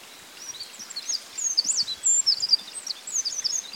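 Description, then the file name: Eurasian wren song: a fast run of high, sharp notes and short sweeps over a steady background hiss. "Troglodytes troglodytes"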